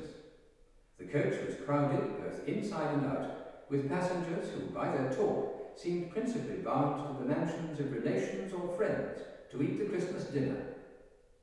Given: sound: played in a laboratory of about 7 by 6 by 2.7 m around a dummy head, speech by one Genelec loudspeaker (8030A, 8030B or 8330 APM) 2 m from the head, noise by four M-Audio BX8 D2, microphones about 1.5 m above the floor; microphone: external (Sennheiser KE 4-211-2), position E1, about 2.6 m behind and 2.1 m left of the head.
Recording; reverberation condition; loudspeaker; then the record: male speech in English; high; in front (0 degrees)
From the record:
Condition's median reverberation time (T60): about 1300 ms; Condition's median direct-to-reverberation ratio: about -4.0 dB